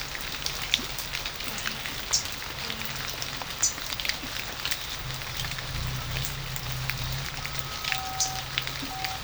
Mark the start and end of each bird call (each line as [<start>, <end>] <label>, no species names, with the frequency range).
[7.91, 9.22] bird call (0.4-1.1 kHz)